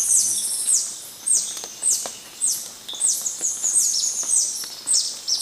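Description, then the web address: Yellow-throated bush tanager calling with sharp, high descending notes, about two each second in loose bursts. Recorded in Ecuador. "Birds of Ecuador. Yellow-throated Bush-Tanager"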